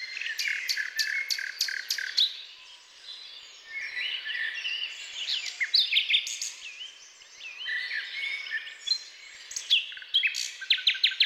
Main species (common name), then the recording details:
Common Nightingale. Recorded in the wild. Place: Waltershofen / Freiburg im Breisgau, Baden-Württemberg, DE. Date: 1996-05-01. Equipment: Dat-Recorder Casio DA 7, Telinga DAT, Telinga-Parabolspiegel. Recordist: Schwarz, Dieter